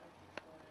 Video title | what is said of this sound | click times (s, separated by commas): Pioneer VSX 919AH Receiver Repair and Review, plus AXD7553 Remote Rebuild | hear that little click it's when the threading is seated otherwise you'll cut new threads and you'll strip them | 0.4 s